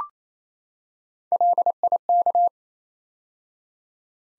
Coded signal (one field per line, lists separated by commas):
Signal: Morse code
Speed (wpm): 29 wpm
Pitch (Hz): 700 Hz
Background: none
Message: LIK